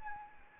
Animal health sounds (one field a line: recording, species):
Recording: mosquito wingbeat signal from an infrared sensor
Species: Anopheles arabiensis